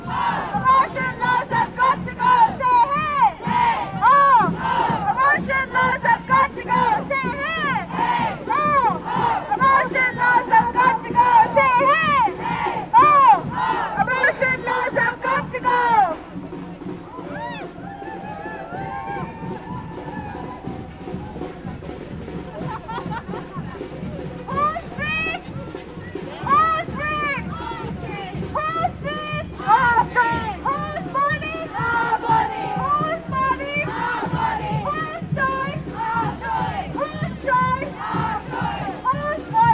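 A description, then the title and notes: A dense crowd of protestors chants and shouts steadily, dipping to a lower murmur of voices around sixteen seconds before the shouting swells again. Thousands of protestors gather outside the Royal Courts of Justice to call for the decriminalisation of abortion.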